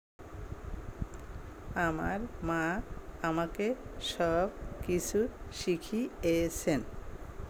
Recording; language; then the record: elicited speech; Bengali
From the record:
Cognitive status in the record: dementia